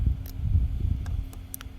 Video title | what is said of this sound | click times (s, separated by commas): Aarons KE100 last video! problem running on choke and more fix and first ride bike is Finished | And it'll snap into place, and then you'll be good to go. | 1.5 s